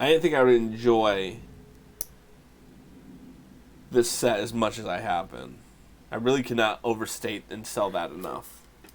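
A plastic cover brick is handled over a connection on a LEGO 21320 skeleton model, about to be pushed on to cover it up. Someone talks throughout, with one brief sharp tick near 2.0 s, and nothing has seated or clicked into place yet.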